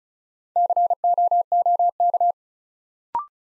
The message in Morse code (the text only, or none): COOK